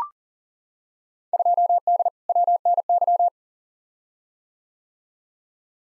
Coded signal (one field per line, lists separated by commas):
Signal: Morse code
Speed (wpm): 37 wpm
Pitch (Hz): 700 Hz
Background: none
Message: 2D WNY